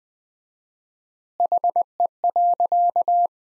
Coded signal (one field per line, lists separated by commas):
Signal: Morse code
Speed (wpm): 20 wpm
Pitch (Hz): 700 Hz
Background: none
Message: HE.